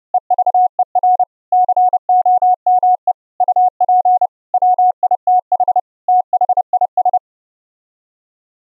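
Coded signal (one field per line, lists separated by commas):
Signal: Morse code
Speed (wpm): 30 wpm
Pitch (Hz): 730 Hz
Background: none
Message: EVER COME UP WITH THIS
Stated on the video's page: Extreme narrow band CW keyed onto a 6 kHz VLF carrier at attowatt level by a Raspberry Pi 4 soundcard SDR transmitter, received on a laptop soundcard SDR over IP.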